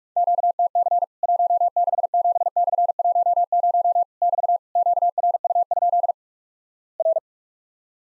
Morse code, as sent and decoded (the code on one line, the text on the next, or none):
--.- - -.-. / .---- -.... --... -..-. .---- ----- / -...- / --.- .-. ..- ..--.. / .-.
QTC 167/10 <BT> QRU? R